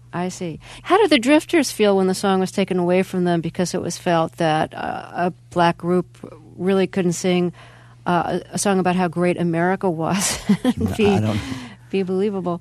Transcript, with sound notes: How did The Drifters feel when the song was taken away from them because it was felt that a black group really couldn't sing a song about how great America was (laughter)...
I don't...
...And be believable?